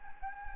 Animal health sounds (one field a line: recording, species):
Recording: mosquito wingbeat signal from an infrared sensor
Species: Anopheles gambiae